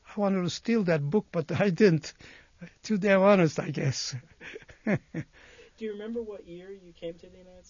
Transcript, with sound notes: I wanted to steal that book (laughs) but I didn't. Too damn honest, I guess. (he laughs)
Do you remember what year you came to the United States?